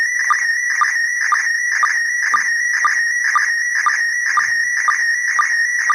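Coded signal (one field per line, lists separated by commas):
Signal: SSTV (slow-scan television)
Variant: PD 120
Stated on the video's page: ISS SSTV event on 145.800 MHz in PD120 format, sent at relatively high power, received on a VHF delta loop antenna.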